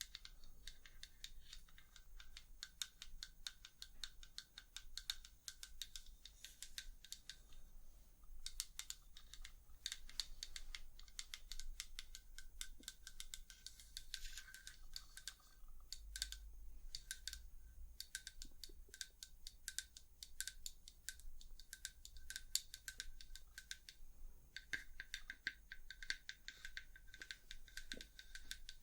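Crisp, bright tapping runs the whole way through, quick clicks in dense irregular bursts with only brief pauses, some taps sharper and louder than others. A faint low hum sits steadily underneath, and the tapping has a dry, clicky edge like keys or scissors.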